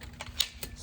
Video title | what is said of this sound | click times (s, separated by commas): OASIS Home and Picnic Awning REVIEW and DEMO | slide up and it clicks into place. | 0.4 s